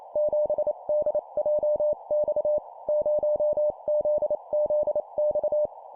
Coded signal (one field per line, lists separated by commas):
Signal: Morse code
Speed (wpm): 28 wpm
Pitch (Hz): 600 Hz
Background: none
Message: 7DJX 0ZZX